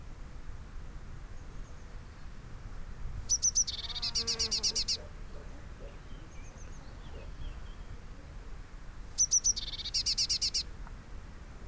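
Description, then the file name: Eurasian blue tit song: two or three thin high notes followed by a fast buzzy trill, given twice about six seconds apart, with faint low background rumble. "Cyanistes caeruleus"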